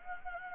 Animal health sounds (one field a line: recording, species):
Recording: mosquito wingbeat signal from an infrared sensor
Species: Anopheles gambiae